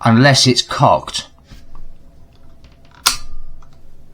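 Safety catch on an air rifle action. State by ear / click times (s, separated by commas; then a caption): seated / 3.1 s. Someone talks at the start, then the safety catch on a cocked Weihrauch HW100KT PCP air rifle is pushed on with a sharp, distinct click at 3.1 s. The safety is now engaged, so the rifle won't fire.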